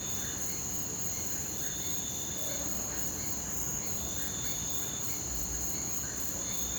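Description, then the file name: Crickets trill in a loud, high, continuous chorus with a fast pulsing shimmer, over soft scattered calls and low background rumble. Rural night ambience recorded from inside a house; loud crickets. "Ambiencia rural a noite gravacao dentro de casa grilos fortes cigarras sapos cachorro longe"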